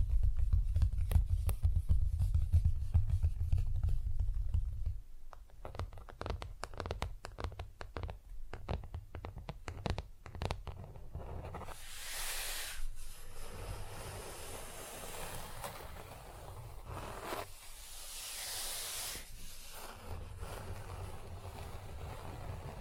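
Nail tapping and rough filing. Quick, irregular taps click through the first half over a low rumble that drops away after about five seconds. Later, harsh, hissing file strokes come in bursts around twelve seconds and again near seventeen to nineteen seconds.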